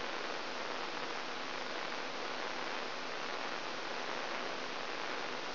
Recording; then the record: brain microelectrode recording played as sound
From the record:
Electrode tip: inside the subthalamic nucleus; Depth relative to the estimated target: 1 mm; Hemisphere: left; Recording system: AlphaMap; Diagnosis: Parkinson's disease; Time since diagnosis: 10 years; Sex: male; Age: 47 years